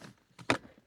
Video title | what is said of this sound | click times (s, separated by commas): Rolls-Royce Spectre Review - Spectrecular! | Hear the click. | 0.5 s